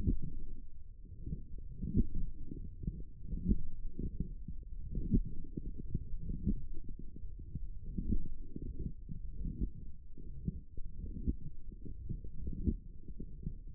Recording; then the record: forearm muscle sounds (acoustic myography)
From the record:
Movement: forearm supination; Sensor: system 1, eight BSWA MPA416 microphones around the upper forearm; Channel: 2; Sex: male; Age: 21 years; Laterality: right